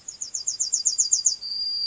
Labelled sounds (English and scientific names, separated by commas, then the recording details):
Yellowhammer (Emberiza citrinella) song
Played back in grassland
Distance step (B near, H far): C
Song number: 117